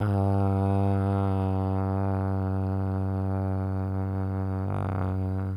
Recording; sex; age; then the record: sustained vowel /a/; male; 50 to 59 years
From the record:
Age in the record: 52 years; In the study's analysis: included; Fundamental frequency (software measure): 96 Hz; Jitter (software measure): 0.39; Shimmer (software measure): 0.88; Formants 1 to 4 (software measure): 734 Hz, 1338 Hz, 2610 Hz, 3530 Hz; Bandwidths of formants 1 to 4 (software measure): 292 Hz, 301 Hz, 439 Hz, 327 Hz